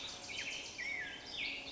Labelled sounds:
Black-headed Grosbeak
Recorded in Sonoma County, California

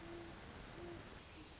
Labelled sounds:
Great Horned Owl
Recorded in Sonoma County, California

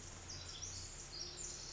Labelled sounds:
Pacific Wren
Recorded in Sonoma County, California

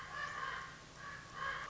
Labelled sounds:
Common Raven
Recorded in Sonoma County, California

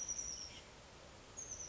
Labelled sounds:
Oak Titmouse
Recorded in Sonoma County, California

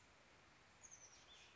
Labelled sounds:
Oak Titmouse
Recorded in Sonoma County, California

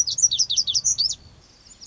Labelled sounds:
Lazuli Bunting
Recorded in Sonoma County, California

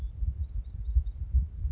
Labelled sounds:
Bewick's Wren
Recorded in Sonoma County, California

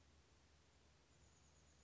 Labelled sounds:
Chestnut-backed Chickadee
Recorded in Sonoma County, California

